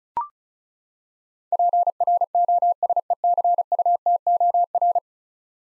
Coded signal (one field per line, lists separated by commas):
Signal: Morse code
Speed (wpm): 36 wpm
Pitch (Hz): 700 Hz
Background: none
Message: PROSECUTOR